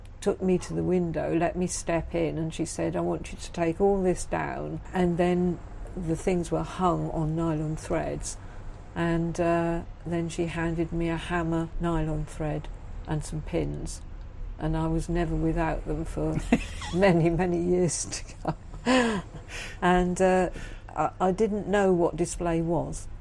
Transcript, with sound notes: took me to the window, let me step in and she said, “I want you to take all this down” and then the things were hung on nylon threads and then she handed me a hammer, nylon thread and some pins and I was never without them for many, many years to come (laughs) and I didn’t know what display was.